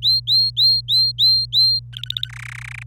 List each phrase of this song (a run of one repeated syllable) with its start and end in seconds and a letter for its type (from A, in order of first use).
0.02-1.79 A, 1.93-2.29 B, 2.29-2.83 C